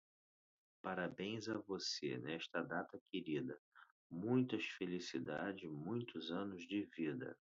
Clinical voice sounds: short text; Brazilian Portuguese; male; 50 to 59 years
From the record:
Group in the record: control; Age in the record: 52 years

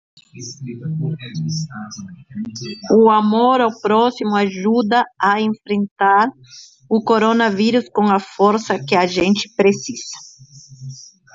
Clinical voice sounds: spoken sentence; Brazilian Portuguese; female; 50 to 59 years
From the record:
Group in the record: control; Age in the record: 59 years

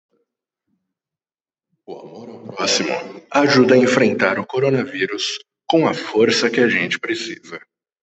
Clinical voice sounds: spoken sentence; Brazilian Portuguese; male; 30 to 39 years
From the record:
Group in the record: control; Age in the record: 37 years

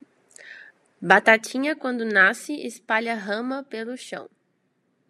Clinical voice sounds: short text; Brazilian Portuguese; female; 20 to 29 years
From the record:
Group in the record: control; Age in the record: 29 years

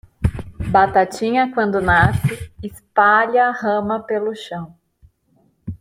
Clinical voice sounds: short text; Brazilian Portuguese; female; 40 to 49 years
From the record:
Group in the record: control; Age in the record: 45 years

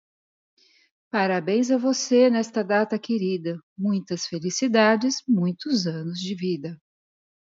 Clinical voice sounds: short text; Brazilian Portuguese; female; 50 to 59 years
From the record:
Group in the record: control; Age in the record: 58 years

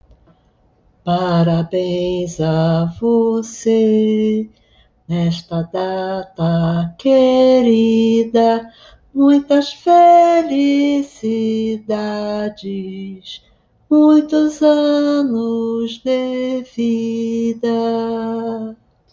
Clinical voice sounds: short text; Brazilian Portuguese; female; 70 to 79 years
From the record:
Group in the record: control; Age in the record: 73 years

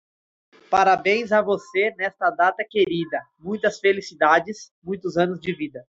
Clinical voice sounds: short text; Brazilian Portuguese; male; 20 to 29 years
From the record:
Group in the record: control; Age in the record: 25 years

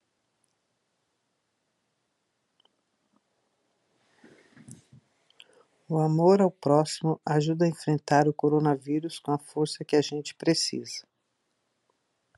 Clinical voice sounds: spoken sentence; Brazilian Portuguese; female; 60 to 69 years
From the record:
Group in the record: control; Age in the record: 68 years

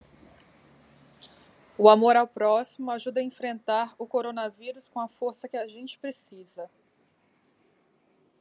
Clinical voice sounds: spoken sentence; Brazilian Portuguese; female; 30 to 39 years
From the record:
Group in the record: control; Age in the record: 33 years

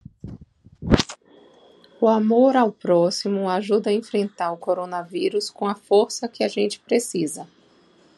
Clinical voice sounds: spoken sentence; Brazilian Portuguese; female; 40 to 49 years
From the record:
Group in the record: control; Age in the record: 45 years

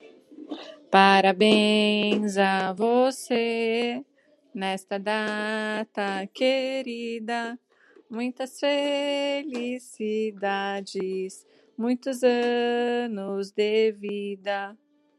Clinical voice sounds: short text; Brazilian Portuguese; female; 30 to 39 years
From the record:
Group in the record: control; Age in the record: 30 years

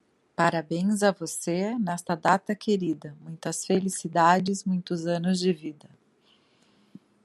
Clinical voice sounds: short text; Brazilian Portuguese; female; 40 to 49 years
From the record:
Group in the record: control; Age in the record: 48 years

